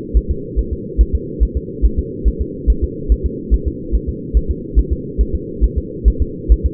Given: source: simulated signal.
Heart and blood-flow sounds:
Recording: fetal heart sounds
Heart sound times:
0.17 s: S1
0.31 s: S2
0.59 s: S1
0.73 s: S2
1.01 s: S1
1.15 s: S2
1.43 s: S1
1.57 s: S2
1.85 s: S1
1.99 s: S2
2.28 s: S1
2.41 s: S2
2.70 s: S1
2.84 s: S2
3.12 s: S1
3.26 s: S2
3.54 s: S1
3.68 s: S2
3.95 s: S1
4.09 s: S2
4.37 s: S1
4.51 s: S2
4.79 s: S1
4.93 s: S2
5.21 s: S1
5.35 s: S2
5.64 s: S1
5.78 s: S2
6.08 s: S1
6.22 s: S2
6.52 s: S1
6.66 s: S2
From the record:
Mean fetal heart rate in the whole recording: 140 bpm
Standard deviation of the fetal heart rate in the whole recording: 2 bpm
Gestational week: 34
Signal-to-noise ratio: -4.3 dB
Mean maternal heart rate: 72 bpm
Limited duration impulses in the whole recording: present

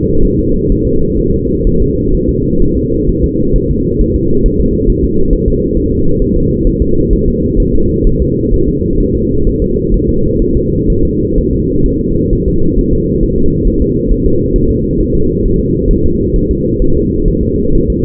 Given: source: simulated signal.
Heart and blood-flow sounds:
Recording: fetal heart sounds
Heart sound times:
0.25 s: S1
0.39 s: S2
0.72 s: S1
0.87 s: S2
1.19 s: S1
1.34 s: S2
1.67 s: S1
1.82 s: S2
2.14 s: S1
2.29 s: S2
2.62 s: S1
2.77 s: S2
3.09 s: S1
3.24 s: S2
3.56 s: S1
3.71 s: S2
4.01 s: S1
4.16 s: S2
4.46 s: S1
4.61 s: S2
4.90 s: S1
5.04 s: S2
5.33 s: S1
5.48 s: S2
5.77 s: S1
5.92 s: S2
6.22 s: S1
6.37 s: S2
6.67 s: S1
6.82 s: S2
7.13 s: S1
7.28 s: S2
7.60 s: S1
7.75 s: S2
8.07 s: S1
8.22 s: S2
8.54 s: S1
8.68 s: S2
9.00 s: S1
9.15 s: S2
9.47 s: S1
9.62 s: S2
9.94 s: S1
10.09 s: S2
10.42 s: S1
10.57 s: S2
10.90 s: S1
11.05 s: S2
11.38 s: S1
11.53 s: S2
11.86 s: S1
12.01 s: S2
12.33 s: S1
12.48 s: S2
12.78 s: S1
12.93 s: S2
13.23 s: S1
13.38 s: S2
13.67 s: S1
13.82 s: S2
14.11 s: S1
14.26 s: S2
14.56 s: S1
14.71 s: S2
15.01 s: S1
15.15 s: S2
15.45 s: S1
15.60 s: S2
15.91 s: S1
16.06 s: S2
16.36 s: S1
16.51 s: S2
16.82 s: S1
16.97 s: S2
17.28 s: S1
17.43 s: S2
17.75 s: S1
17.90 s: S2
From the record:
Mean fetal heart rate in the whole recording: 130 bpm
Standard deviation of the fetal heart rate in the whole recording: 4 bpm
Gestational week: 38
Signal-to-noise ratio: -16.4 dB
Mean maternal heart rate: 72 bpm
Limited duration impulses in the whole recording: present

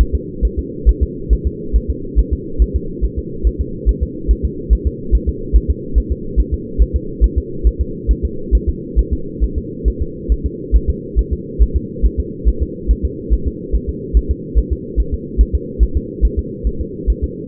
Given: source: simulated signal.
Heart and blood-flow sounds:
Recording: fetal heart sounds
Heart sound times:
0.01 s: S1
0.15 s: S2
0.45 s: S1
0.59 s: S2
0.89 s: S1
1.03 s: S2
1.33 s: S1
1.47 s: S2
1.76 s: S1
1.90 s: S2
2.19 s: S1
2.33 s: S2
2.62 s: S1
2.76 s: S2
3.05 s: S1
3.19 s: S2
3.47 s: S1
3.61 s: S2
3.89 s: S1
4.03 s: S2
4.31 s: S1
4.45 s: S2
4.73 s: S1
4.87 s: S2
5.15 s: S1
5.29 s: S2
5.56 s: S1
5.70 s: S2
5.98 s: S1
6.12 s: S2
6.40 s: S1
6.54 s: S2
6.82 s: S1
6.96 s: S2
7.24 s: S1
7.38 s: S2
7.67 s: S1
7.81 s: S2
8.11 s: S1
8.25 s: S2
8.55 s: S1
8.69 s: S2
8.99 s: S1
9.13 s: S2
9.44 s: S1
9.58 s: S2
9.88 s: S1
10.02 s: S2
10.32 s: S1
10.46 s: S2
10.76 s: S1
10.90 s: S2
11.19 s: S1
11.33 s: S2
11.62 s: S1
11.77 s: S2
12.05 s: S1
12.20 s: S2
12.48 s: S1
12.62 s: S2
12.91 s: S1
13.05 s: S2
13.33 s: S1
13.47 s: S2
13.75 s: S1
13.89 s: S2
14.17 s: S1
14.31 s: S2
14.58 s: S1
14.72 s: S2
15.00 s: S1
15.14 s: S2
15.41 s: S1
15.55 s: S2
15.83 s: S1
15.97 s: S2
16.25 s: S1
16.39 s: S2
16.67 s: S1
16.81 s: S2
17.10 s: S1
17.24 s: S2
From the record:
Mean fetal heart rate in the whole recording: 140 bpm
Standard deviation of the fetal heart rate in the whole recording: 2 bpm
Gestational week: 34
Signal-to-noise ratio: -4.3 dB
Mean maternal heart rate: 72 bpm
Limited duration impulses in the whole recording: absent

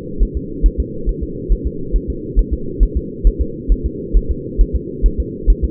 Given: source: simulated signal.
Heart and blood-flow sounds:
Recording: fetal heart sounds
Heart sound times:
0.23 s: S1
0.37 s: S2
0.66 s: S1
0.80 s: S2
1.09 s: S1
1.23 s: S2
1.52 s: S1
1.67 s: S2
1.96 s: S1
2.10 s: S2
2.39 s: S1
2.53 s: S2
2.83 s: S1
2.97 s: S2
3.27 s: S1
3.41 s: S2
3.72 s: S1
3.86 s: S2
4.17 s: S1
4.31 s: S2
4.61 s: S1
4.76 s: S2
5.06 s: S1
5.20 s: S2
5.50 s: S1
5.64 s: S2
From the record:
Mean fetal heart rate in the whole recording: 135 bpm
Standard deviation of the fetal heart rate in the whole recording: 3 bpm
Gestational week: 36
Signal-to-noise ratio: -4.3 dB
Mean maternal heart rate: 72 bpm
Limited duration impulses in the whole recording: absent

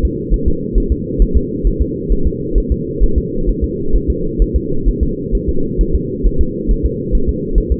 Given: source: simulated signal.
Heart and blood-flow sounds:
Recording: fetal heart sounds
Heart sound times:
0.05 s: S2
0.34 s: S1
0.48 s: S2
0.78 s: S1
0.92 s: S2
1.22 s: S1
1.37 s: S2
1.67 s: S1
1.81 s: S2
2.12 s: S1
2.27 s: S2
2.58 s: S1
2.72 s: S2
3.03 s: S1
3.18 s: S2
3.49 s: S1
3.64 s: S2
3.95 s: S1
4.10 s: S2
4.42 s: S1
4.56 s: S2
4.88 s: S1
5.03 s: S2
5.35 s: S1
5.49 s: S2
5.81 s: S1
5.95 s: S2
6.26 s: S1
6.41 s: S2
6.71 s: S1
6.85 s: S2
7.15 s: S1
7.29 s: S2
7.58 s: S1
7.72 s: S2
From the record:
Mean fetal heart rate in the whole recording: 135 bpm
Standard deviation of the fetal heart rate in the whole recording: 3 bpm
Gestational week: 36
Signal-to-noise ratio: -8.1 dB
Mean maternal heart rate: 72 bpm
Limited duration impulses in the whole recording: absent

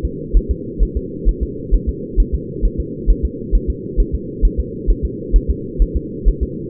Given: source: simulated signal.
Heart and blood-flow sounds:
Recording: fetal heart sounds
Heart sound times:
0.05 s: S2
0.37 s: S1
0.51 s: S2
0.83 s: S1
0.97 s: S2
1.29 s: S1
1.43 s: S2
1.74 s: S1
1.89 s: S2
2.20 s: S1
2.35 s: S2
2.65 s: S1
2.80 s: S2
3.10 s: S1
3.25 s: S2
3.55 s: S1
3.70 s: S2
4.00 s: S1
4.15 s: S2
4.45 s: S1
4.60 s: S2
4.90 s: S1
5.05 s: S2
5.36 s: S1
5.51 s: S2
5.82 s: S1
5.96 s: S2
6.29 s: S1
6.43 s: S2
From the record:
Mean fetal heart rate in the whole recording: 130 bpm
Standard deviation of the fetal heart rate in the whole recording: 2 bpm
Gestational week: 36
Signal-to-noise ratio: -4.1 dB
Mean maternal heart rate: no maternal heart sound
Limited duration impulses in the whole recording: absent

